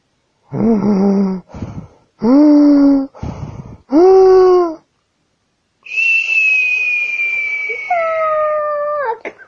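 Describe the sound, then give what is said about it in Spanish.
In a children's story, a little green tyrannosaurus tries to scare: three short howling cries with breathy gasps between them, then a long, steady, high whistle that holds for several seconds and steps down in pitch before cutting off. “Eso es un silbido.”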